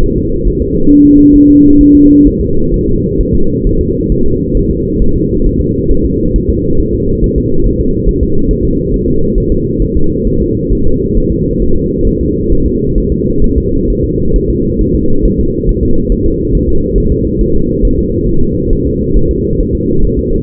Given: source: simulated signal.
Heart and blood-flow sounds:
fetal heart sounds
0.04 s: S1
0.18 s: S2
0.47 s: S1
0.62 s: S2
0.91 s: S1
1.05 s: S2
1.36 s: S1
1.50 s: S2
1.81 s: S1
1.95 s: S2
2.27 s: S1
2.41 s: S2
2.74 s: S1
2.88 s: S2
3.21 s: S1
3.35 s: S2
3.67 s: S1
3.81 s: S2
4.12 s: S1
4.26 s: S2
4.57 s: S1
4.71 s: S2
5.02 s: S1
5.16 s: S2
5.46 s: S1
5.61 s: S2
5.91 s: S1
6.05 s: S2
6.36 s: S1
6.50 s: S2
6.80 s: S1
6.95 s: S2
7.24 s: S1
7.38 s: S2
7.66 s: S1
7.80 s: S2
8.09 s: S1
8.23 s: S2
8.51 s: S1
8.65 s: S2
8.94 s: S1
9.08 s: S2
9.38 s: S1
9.52 s: S2
9.82 s: S1
9.96 s: S2
10.28 s: S1
10.42 s: S2
10.73 s: S1
10.87 s: S2
11.18 s: S1
11.32 s: S2
11.62 s: S1
11.76 s: S2
12.07 s: S1
12.21 s: S2
12.52 s: S1
12.66 s: S2
12.98 s: S1
13.12 s: S2
13.44 s: S1
13.58 s: S2
13.90 s: S1
14.04 s: S2
14.36 s: S1
14.50 s: S2
14.81 s: S1
14.95 s: S2
15.26 s: S1
15.40 s: S2
15.69 s: S1
15.83 s: S2
16.12 s: S1
16.26 s: S2
16.55 s: S1
16.69 s: S2
16.98 s: S1
17.12 s: S2
17.41 s: S1
17.55 s: S2
17.85 s: S1
17.99 s: S2
18.29 s: S1
18.43 s: S2
18.73 s: S1
18.87 s: S2
19.17 s: S1
19.31 s: S2
19.61 s: S1
19.75 s: S2
20.05 s: S1
20.19 s: S2
From the record:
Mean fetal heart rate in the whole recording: 135 bpm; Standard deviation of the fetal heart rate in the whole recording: 3 bpm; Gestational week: 36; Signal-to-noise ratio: -17.7 dB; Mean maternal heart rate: 72 bpm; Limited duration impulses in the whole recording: present

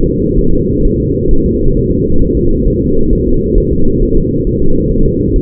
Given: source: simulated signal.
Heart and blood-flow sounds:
fetal heart sounds
0.06 s: S2
0.39 s: S1
0.53 s: S2
0.85 s: S1
1.00 s: S2
1.31 s: S1
1.46 s: S2
1.77 s: S1
1.92 s: S2
2.22 s: S1
2.37 s: S2
2.68 s: S1
2.82 s: S2
3.13 s: S1
3.28 s: S2
3.58 s: S1
3.72 s: S2
4.03 s: S1
4.17 s: S2
4.47 s: S1
4.62 s: S2
4.92 s: S1
5.06 s: S2
5.36 s: S1
From the record:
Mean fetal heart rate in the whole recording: 130 bpm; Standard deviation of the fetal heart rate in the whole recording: 4 bpm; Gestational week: 38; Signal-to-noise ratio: -17.7 dB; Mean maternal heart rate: 72 bpm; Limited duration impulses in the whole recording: present

